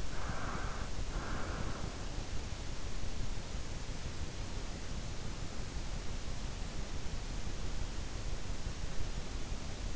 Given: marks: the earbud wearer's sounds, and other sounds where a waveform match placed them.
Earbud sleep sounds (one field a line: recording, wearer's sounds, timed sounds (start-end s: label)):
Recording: sounds in sleep by an in-ear microphone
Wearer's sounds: breath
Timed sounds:
0.00-2.16 s: breath